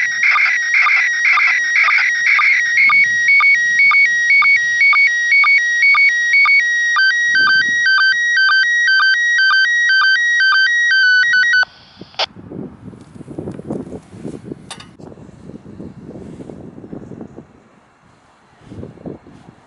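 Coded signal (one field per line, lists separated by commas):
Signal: SSTV (slow-scan television)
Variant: PD120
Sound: warbling high tones with steady rhythmic ticks twice a second, then abrupt cut to static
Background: radio static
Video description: ISS-SSTV (MAI-75) images in PD120 mode received on TH-D74E + Arrow-2 Antenna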